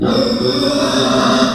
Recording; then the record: squeal of a Yucatan mini pig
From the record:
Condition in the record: after surgery on the right vocal fold (resection and tissue-engineered implant); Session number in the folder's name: 13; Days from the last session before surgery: 113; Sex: female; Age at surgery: 19 weeks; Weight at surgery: 25 kg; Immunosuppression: prednisolone